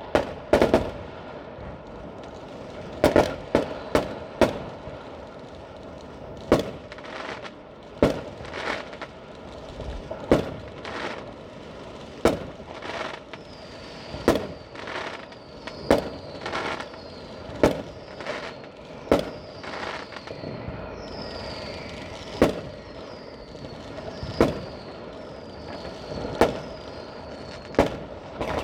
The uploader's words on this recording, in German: Silvesternacht: Feuerwerk und Freude.